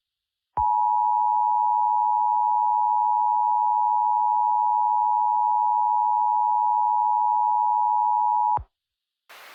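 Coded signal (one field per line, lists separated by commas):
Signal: Emergency Alert System (SAME) tones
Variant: 853 and 960 Hz attention tone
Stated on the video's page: Simulated EAS tones in a fan-made Garry's Mod scenario recreation.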